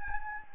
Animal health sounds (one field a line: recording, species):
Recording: mosquito wingbeat signal from an infrared sensor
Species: Anopheles gambiae